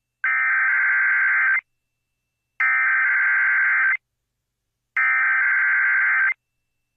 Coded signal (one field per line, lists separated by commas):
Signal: Emergency Alert System (SAME) tones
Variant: header bursts